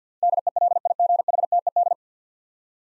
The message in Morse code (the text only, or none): DELIGHTED